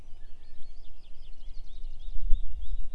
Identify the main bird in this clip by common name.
Eurasian Blackcap